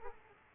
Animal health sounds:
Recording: mosquito wingbeat signal from an infrared sensor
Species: Culex quinquefasciatus

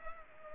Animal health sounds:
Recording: mosquito wingbeat signal from an infrared sensor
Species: Culex pipiens

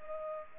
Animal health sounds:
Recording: mosquito wingbeat signal from an infrared sensor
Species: Culex pipiens

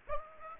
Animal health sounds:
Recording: mosquito wingbeat signal from an infrared sensor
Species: Aedes aegypti

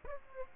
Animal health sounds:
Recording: mosquito wingbeat signal from an infrared sensor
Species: Aedes aegypti

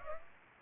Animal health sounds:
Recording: mosquito wingbeat signal from an infrared sensor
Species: Aedes aegypti

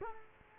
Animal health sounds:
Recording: mosquito wingbeat signal from an infrared sensor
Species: Culex quinquefasciatus

